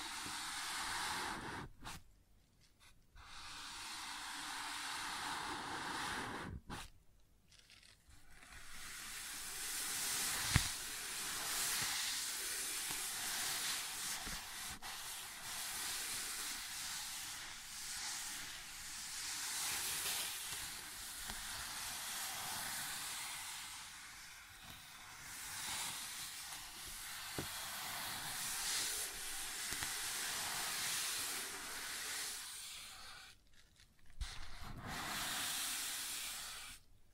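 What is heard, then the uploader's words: Sounds on a wooden surface: a dense, steady hissing scrape runs through most of the recording, bright and airy. It stops briefly near 2, 7 and 34 seconds, and a few sharp knocks stand out around 10 and 27 seconds. ASMR Sounds on Wooden Surface (No Talking).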